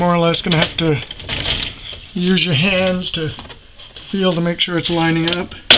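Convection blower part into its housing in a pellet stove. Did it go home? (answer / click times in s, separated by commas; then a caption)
no / none. During reassembly of a pellet stove's convection blower, the blower part is lined up by feel against its housing while someone talks over faint handling noise. The clip ends just before the part goes home, so nothing has seated or clicked yet.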